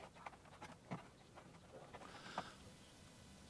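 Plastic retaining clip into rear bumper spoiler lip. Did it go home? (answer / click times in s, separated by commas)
partly / 0.3 s, 2.4 s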